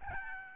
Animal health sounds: mosquito wingbeat signal from an infrared sensor; Aedes albopictus

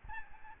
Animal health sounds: mosquito wingbeat signal from an infrared sensor; Aedes albopictus

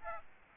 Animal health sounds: mosquito wingbeat signal from an infrared sensor; Aedes aegypti

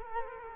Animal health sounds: mosquito wingbeat signal from an infrared sensor; Culex quinquefasciatus

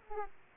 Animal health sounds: mosquito wingbeat signal from an infrared sensor; Aedes aegypti

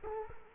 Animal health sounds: mosquito wingbeat signal from an infrared sensor; Culex quinquefasciatus

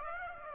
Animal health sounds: mosquito wingbeat signal from an infrared sensor; Aedes aegypti

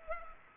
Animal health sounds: mosquito wingbeat signal from an infrared sensor; Culex pipiens

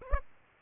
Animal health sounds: mosquito wingbeat signal from an infrared sensor; Aedes aegypti

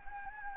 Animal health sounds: mosquito wingbeat signal from an infrared sensor; Anopheles gambiae

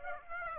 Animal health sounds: mosquito wingbeat signal from an infrared sensor; Aedes aegypti

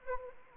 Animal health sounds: mosquito wingbeat signal from an infrared sensor; Anopheles arabiensis

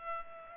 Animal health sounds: mosquito wingbeat signal from an infrared sensor; Culex pipiens

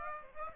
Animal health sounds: mosquito wingbeat signal from an infrared sensor; Aedes aegypti

